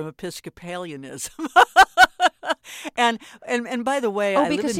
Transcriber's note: laughter